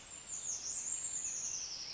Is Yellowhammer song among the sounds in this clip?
no